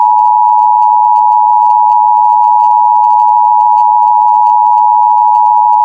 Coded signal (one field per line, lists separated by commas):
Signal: Emergency Alert System (SAME) tones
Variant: 853 and 960 Hz attention tone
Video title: EAS Bulletin: Fire Warning For Topeka, KS March 8, 2021